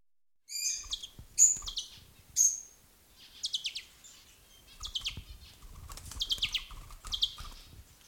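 Bourke's parrot calls: sharp high chips at first, then a soft, uneven twittering chatter of short notes.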